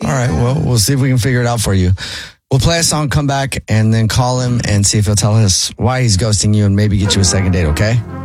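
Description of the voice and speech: A man speaks fluently and clearly in a low, steady voice, with brief natural pauses; ordinary adult speech.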